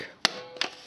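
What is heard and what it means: A new door mirror glass for a Ford Fiesta is pressed by hand onto the mirror motor's adjuster backing plate, with a sharp click at 0.3 s and a softer second snap around 0.6 s. The glass is seated on the mirror housing.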